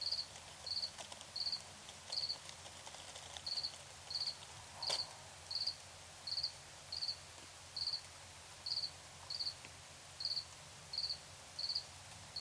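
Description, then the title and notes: Cricket making a long steady series of brief pulsed chirps, with a faint click or two and soft background hiss. Recorded in Tiny, Ontario, by Anton Pickard. "Crickets and coyotes. Tiny, Ontario. Anton Pickard"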